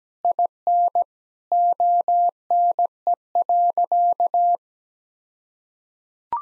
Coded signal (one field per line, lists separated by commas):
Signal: Morse code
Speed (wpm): 17 wpm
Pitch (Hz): 700 Hz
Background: none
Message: IN ONE.